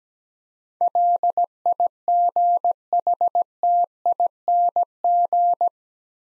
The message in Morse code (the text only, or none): LIGHTING